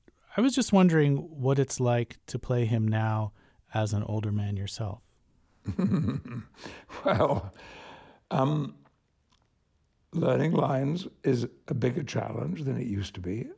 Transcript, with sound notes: I was just wondering what it's like to play him now as an older man yourself?
(Laughter) Well, learning lines is a bigger challenge than it used to be.